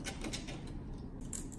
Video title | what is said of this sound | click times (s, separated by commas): Six 3D Printed Upgrades for the Ender 3 | just snaps into place and then we're going to feed additional zip ties through the top | 1.3 s